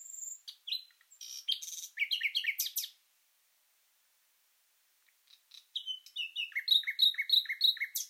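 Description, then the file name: Common nightingale song: a dense burst of varied sharp notes and trills, a brief silence, then rhythmic repeated chirps building in loudness. "Luscinia megarhynchos"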